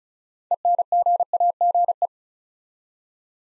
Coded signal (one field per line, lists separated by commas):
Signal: Morse code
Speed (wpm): 36 wpm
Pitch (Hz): 700 Hz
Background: none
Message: ENGAGE